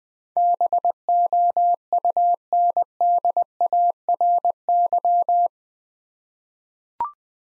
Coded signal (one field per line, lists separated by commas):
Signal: Morse code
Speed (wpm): 20 wpm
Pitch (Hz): 700 Hz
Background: none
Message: BOUNDARY